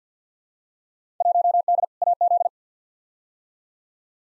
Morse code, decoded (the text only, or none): 1D AZ